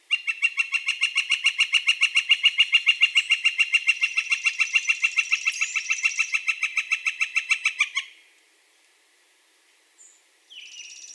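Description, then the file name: Northern flicker long call: a rapid, even series of loud wik notes running for about eight seconds before stopping; faint high chirps from other birds follow. Four long calls; recorded 4 May 2020. "2020-05-04 Northern Flicker 4 longcalls"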